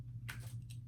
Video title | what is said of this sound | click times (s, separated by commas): Kindergarten Review of Week 1 | so friends we need to make sure we always put our lid back on our pen and we push it till we hear it click | 0.3 s